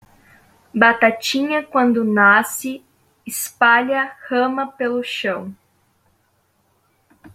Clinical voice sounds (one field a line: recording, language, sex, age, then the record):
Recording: short text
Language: Brazilian Portuguese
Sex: female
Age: 20 to 29 years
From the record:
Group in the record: control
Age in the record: 23 years